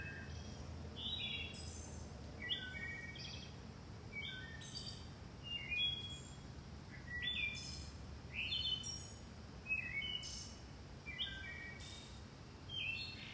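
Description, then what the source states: Bird song of quick repeated chirps and short whistles, coming in loose bursts throughout, over a constant low rumble. Recorded from a back deck at 8:19 PM on 19 May 2022, at 79 degrees.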